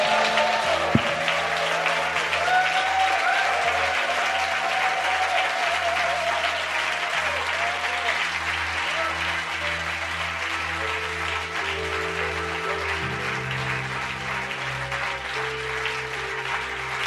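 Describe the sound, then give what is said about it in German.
Sustained audience applause given to God after a prayer at a Christian conference, a dense, steady wash of clapping from many hands lasting the whole stretch at an even, loud level, with a faint low hum beneath and no clear speech. “Hey, lass uns mal Gott einen richtigen Applaus geben.”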